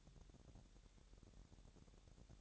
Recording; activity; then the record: daily activity, microphone in the room; take from stove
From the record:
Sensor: 3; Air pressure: 1012.0 hPa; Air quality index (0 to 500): 216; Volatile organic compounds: 4 ppm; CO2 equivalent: 1608 ppm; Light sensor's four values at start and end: 94/222/92/82 and 94/222/92/82